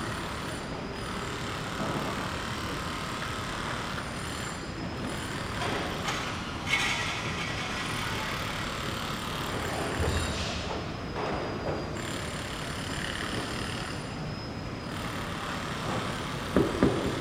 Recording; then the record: background sound without coughing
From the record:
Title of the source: 30 MINUTES Construction Site Ambience (CC BY 4.0)